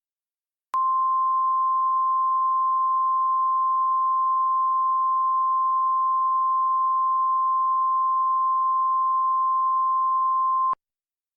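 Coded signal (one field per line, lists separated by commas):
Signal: Emergency Alert System (SAME) tones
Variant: 1050 Hz attention tone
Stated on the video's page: Fictional EAS scenario made for entertainment, not a real event.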